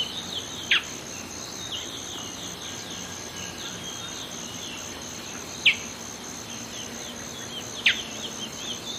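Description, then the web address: Black-billed Seed-Finch giving single sharp, clipped call notes, three in about nine seconds, spaced irregularly over a steady hissing background. Ecuador. "Natures Songs S America Birds of Ecuador. Black-Billed Seed-Finch"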